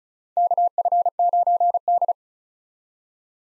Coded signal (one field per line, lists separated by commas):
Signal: Morse code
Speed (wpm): 34 wpm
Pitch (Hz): 700 Hz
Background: none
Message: KF9D